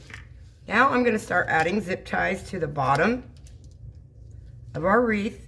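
Someone talks while handling a plastic zip tie at its ratchet head on the bottom of a wooden 5-gallon paint-stir-stick cross. Only faint, soft handling ticks follow between the speech. The tie is meant to be pulled just a couple of clicks and left loose so a petal's nub can fit underneath, but nothing has clicked or seated yet.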